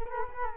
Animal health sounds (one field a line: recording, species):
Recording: mosquito wingbeat signal from an infrared sensor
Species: Culex quinquefasciatus